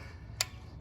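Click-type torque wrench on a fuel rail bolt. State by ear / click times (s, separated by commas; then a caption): torque reached / 0.4 s. A click-type torque wrench set to 89 inch pounds tightens the first fuel rail/intake bolt, dead center, on a Ford Mustang during fuel injector replacement. A sharp click sounds at 0.4 s over a low steady hum as the wrench reaches its setting, and another short sharp sound follows at 0.8 s. The bolt is confirmed torqued to spec.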